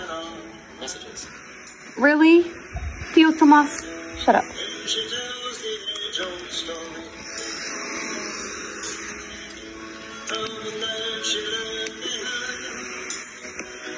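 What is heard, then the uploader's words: An evening campfire with soft crackles throughout, steady low murmur beneath, and a few louder rising voices between two and five seconds. A relaxing evening by the campfire.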